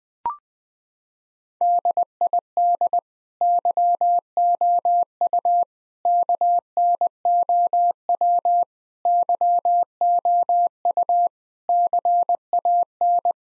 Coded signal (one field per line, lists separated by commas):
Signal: Morse code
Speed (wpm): 21 wpm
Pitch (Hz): 700 Hz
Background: none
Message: DID YOU KNOW YOU CAN